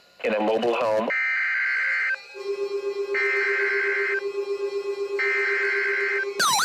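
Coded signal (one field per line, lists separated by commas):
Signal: Emergency Alert System (SAME) tones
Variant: header bursts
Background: speech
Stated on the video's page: Real EAS alerts received on a RadioShack 12-991 weather radio.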